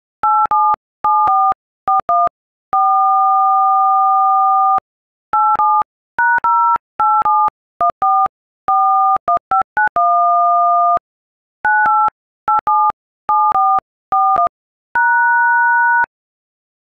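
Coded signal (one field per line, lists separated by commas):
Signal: DTMF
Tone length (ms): 250 ms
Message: 877441 4 87#0871441591 98877441 #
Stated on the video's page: DTMF tones played on an iPhone keypad.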